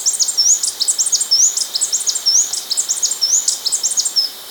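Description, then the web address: Blue-backed conebill song: fast, high, thin twittering with repeated short slurred whistles woven among sharp chips, continuous and hurried. Recorded in Ecuador. "Natures Songs S America Birds of Ecuador. Blue-Backed Conebill"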